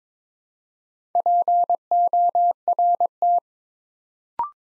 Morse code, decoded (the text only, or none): PORT